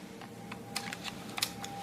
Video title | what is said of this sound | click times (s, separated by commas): Fuji Guys - FinePix F80EXR Part 2 - First Look | there you go it Clips it's not going to fall out okay | 1.4 s